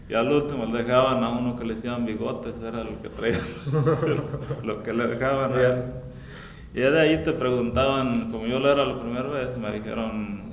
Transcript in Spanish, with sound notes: y al último le dejaban a uno que le decían Bigotes, era el que traía (risas) lo que le dejaban ya. Y ya de ahí te preguntaban, como yo era la primer vez, me dijeron: